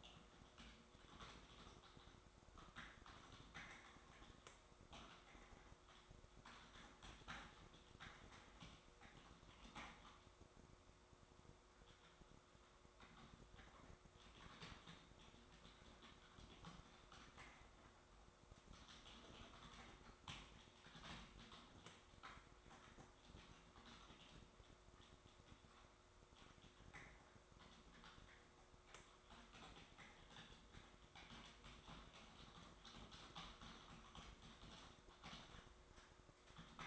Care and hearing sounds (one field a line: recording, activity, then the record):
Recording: daily activity, microphone in the room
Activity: typing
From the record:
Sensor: 3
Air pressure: 1004.4 hPa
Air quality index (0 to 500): 196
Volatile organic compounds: 14 ppm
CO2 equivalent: 2455 ppm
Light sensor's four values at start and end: 6/16/5/6 and 6/16/6/6